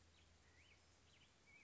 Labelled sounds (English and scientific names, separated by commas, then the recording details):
Black-headed Grosbeak (Pheucticus melanocephalus)
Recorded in Sonoma County, California